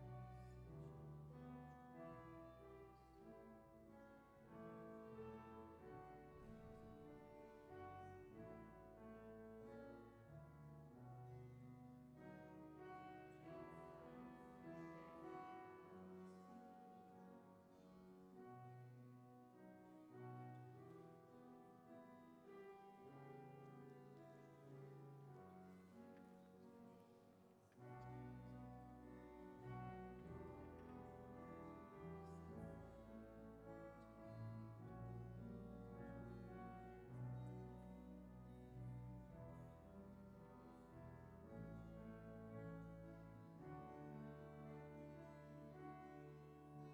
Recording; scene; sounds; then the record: everyday scene through a hearing-aid microphone; reverberant space; music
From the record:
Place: church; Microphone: behind the ear, left, rear